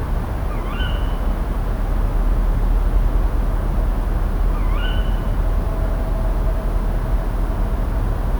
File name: Strix aluco - Tawny Owl